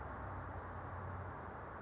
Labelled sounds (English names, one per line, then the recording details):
California Towhee
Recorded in Sonoma County, California